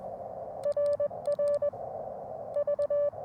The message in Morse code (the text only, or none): RR V